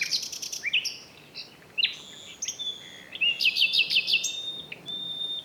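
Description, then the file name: Common nightingale song of varied whistles and chirps, building to a quick run of repeated sharp notes, with a steady whistle near the end. "Luscinia megarhynchos"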